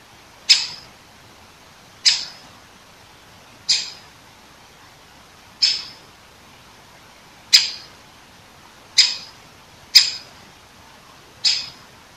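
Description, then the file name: Great Spotted Woodpecker giving sharp, high, explosive single 'kik' calls, eight in all, spaced about one to two seconds apart, over a quiet background. Recorded 21 September 2015 at 19:10. "dzieciol duzy nikolay sariev - (dendrocopos major), 2015-09-21 , 19 10"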